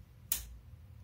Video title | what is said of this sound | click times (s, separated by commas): ZOTAC GeForce GTX 1070 Ti Mini Unboxing & Assembly in INDIA | you hear the click sound it means it is locked here next | 0.3 s